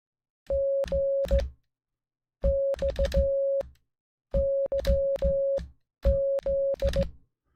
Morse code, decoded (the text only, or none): G X YZ